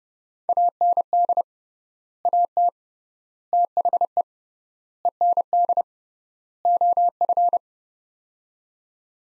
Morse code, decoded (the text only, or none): AND AT THE END OF